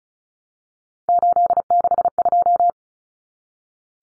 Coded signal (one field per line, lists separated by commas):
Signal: Morse code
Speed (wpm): 34 wpm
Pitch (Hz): 700 Hz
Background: none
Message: 862